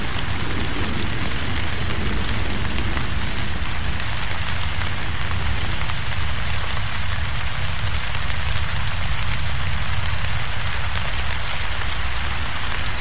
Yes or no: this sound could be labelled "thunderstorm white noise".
yes